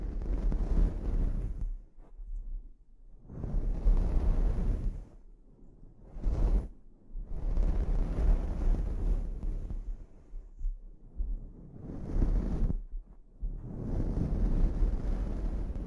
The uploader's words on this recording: ASMR Sleep Inducing Scalp Treatment (No Talking).